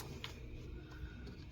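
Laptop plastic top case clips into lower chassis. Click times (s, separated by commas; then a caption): 0.0 s, 0.2 s. Pushing down on the bottom edge of a Dell Inspiron 15 3520 laptop's plastic top case snaps its clips into the lower chassis base, with clicks at 0.0 s and 0.2 s over a low steady background hum. The bottom edge is seated.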